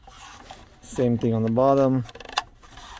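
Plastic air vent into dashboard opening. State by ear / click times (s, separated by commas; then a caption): not seated / none. Someone talks while the lower black plastic pins of the center dash air vent on a 2007–2014 Chevrolet Tahoe are being pushed by hand toward their holes in the dashboard opening, with faint rubbing handling noise and a brief sharp tap near 2.4 s. Nothing has seated or clicked yet; the vent is not snapped home.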